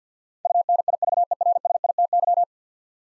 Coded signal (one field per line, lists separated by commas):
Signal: Morse code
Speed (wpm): 50 wpm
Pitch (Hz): 700 Hz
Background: none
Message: UNIVERSITY